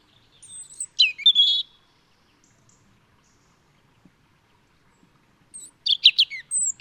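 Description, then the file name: European robin singing two short, sharp phrases of high, quick twittering notes and thin whistles, separated by about four seconds of quiet. "Erithacus rubecula"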